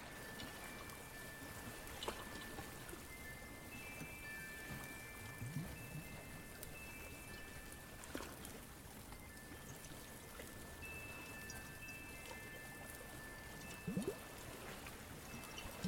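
Wind chimes at the beach ring in long, thin, steady tones that overlap and change pitch through most of the sixteen seconds. Beneath them runs a constant soft hiss and rumble, broken by brief sharp clicks and knocks around two, eight and fourteen seconds.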